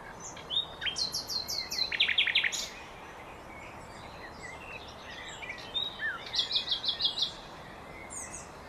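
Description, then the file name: Common nightingale song: a fast stuttering series of sharp notes, a pause, then another rattling phrase of repeated high notes. "Luscinia megarhynchos"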